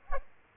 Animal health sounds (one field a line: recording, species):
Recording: mosquito wingbeat signal from an infrared sensor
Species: Culex quinquefasciatus